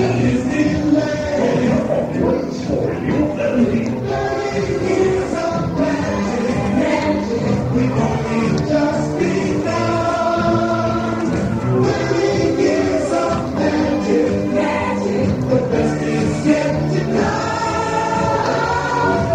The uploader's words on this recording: A trip to Disneyland circa 1985. Joe made these recordings in 1985: Disneyland's 30th Anniversary...